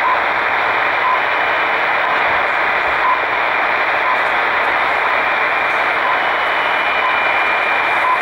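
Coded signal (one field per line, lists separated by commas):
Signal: radio time signal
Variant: RWM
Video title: RWM Moscow time pips on 9996 khz Tecsun pl-600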